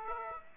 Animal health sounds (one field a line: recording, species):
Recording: mosquito wingbeat signal from an infrared sensor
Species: Aedes aegypti